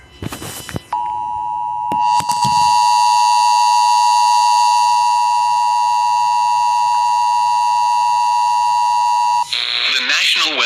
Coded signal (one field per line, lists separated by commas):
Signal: Emergency Alert System (SAME) tones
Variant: 853 and 960 Hz attention tone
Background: speech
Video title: An Glitchy EAS Video... EAS Alerts From 8/11/23-8/12/23 (EAS 286-298)